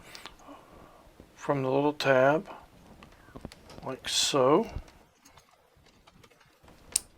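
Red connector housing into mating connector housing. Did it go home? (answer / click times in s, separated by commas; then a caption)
yes / 7.0 s. A red plastic power connector housing is fitted into its mating connector housing the same way, curved side up from the little tab, while someone talks. It is pressed home with a sharp snap at 7.0 s, and the housing seats in place.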